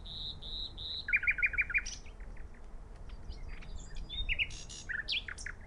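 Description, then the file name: Common nightingale song opening with three long level whistles, then a rapid series of repeated notes and later scattered sharp chirps and a buzzy burst. "Luscinia megarhynchos"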